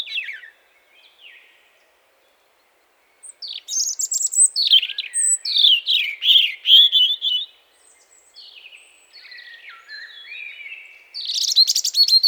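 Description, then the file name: European robin song: varied high, thin warbled phrases with sliding whistles and rapid trills, broken by pauses, ending in a bright high burst. "Erithacus rubecula"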